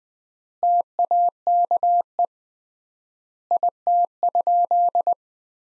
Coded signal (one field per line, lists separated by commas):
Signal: Morse code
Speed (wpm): 21 wpm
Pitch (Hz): 700 Hz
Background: none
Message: TAKE IT?